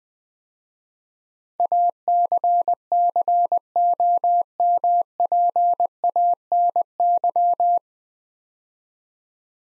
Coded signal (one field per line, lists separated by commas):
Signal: Morse code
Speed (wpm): 21 wpm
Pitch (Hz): 700 Hz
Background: none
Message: ACCOMPANY